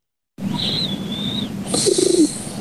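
An adult's snore of the type nicknamed 'the pigeon': a single noisy breath carries a thin, high whistle and ends in a low, wavering, fluttery tone that sounds much like a pigeon cooing. It is an unusual, musical, whistling snore.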